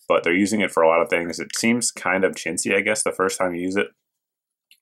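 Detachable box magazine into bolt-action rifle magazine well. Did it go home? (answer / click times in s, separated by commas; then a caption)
yes / 4.7 s. Someone talks, then a short, quiet sharp click at 4.7 s as the detachable four-round polymer box magazine is reinserted into the magazine well of a Savage Axis XP .308 bolt-action rifle. The magazine latches home and locks into place without issue.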